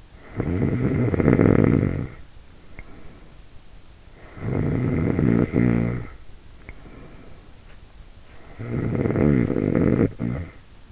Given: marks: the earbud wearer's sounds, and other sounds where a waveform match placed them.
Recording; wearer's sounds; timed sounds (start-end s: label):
sounds in sleep by an in-ear microphone; snoring breath
0.00-3.48 s: snoring breath
4.11-7.83 s: snoring breath
8.34-10.91 s: snoring breath